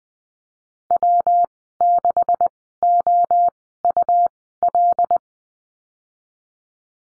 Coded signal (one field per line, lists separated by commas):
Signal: Morse code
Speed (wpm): 20 wpm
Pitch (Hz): 700 Hz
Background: none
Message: W6OUL